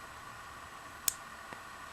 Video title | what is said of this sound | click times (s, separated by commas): TWH Grove RT540E Review Part 1 of 2 | you hear that click right there they click in so that they won't slide back out now | 1.1 s